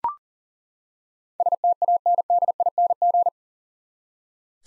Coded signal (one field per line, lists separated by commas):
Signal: Morse code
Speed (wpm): 40 wpm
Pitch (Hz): 700 Hz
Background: none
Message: STANDING